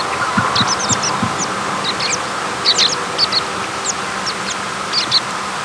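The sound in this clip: American pipit calls, sharp high chips in loose clusters, with a few low thumps early on and steady rushing background noise.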